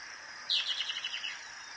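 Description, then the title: Plain-crested elaenia giving a quick buzzy chatter that starts sharply and breaks into fast repeated notes, set against steady insect noise. "LuckyPassaro Completos2Sama. Plain-crested Elaenia (Elaenia cristata)"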